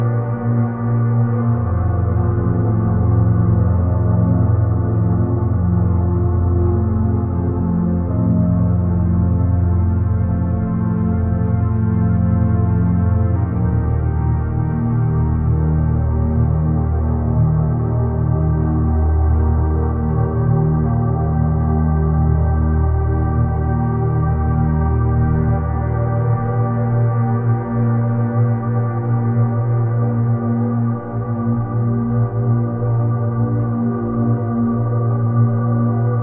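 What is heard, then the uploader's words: Steady 10Hz alpha-wave drone: a dense bed of layered, humming low tones with no bright sounds, shifting slightly around 13 and 26 seconds. Alpha Waves 10 Hz. Steady mid-alpha (10Hz) waves.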